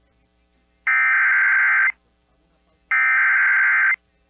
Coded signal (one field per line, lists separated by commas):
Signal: Emergency Alert System (SAME) tones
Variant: header bursts